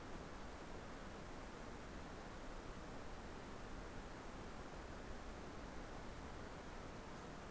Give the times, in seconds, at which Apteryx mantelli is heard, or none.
none